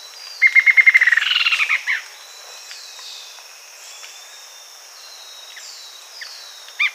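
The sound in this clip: Bird calling with a rapid trill of repeated notes, then a short descending note, faint sounds and one final note.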